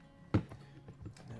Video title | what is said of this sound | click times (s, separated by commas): Building a Saturn V - live | go in there you know you want to click on there we go | 0.3 s